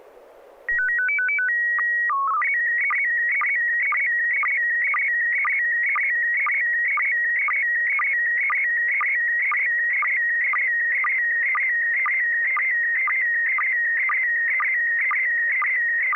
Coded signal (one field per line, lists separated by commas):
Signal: SSTV (slow-scan television)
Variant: PD 120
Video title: N6NA SSTV Net - 05/26/2021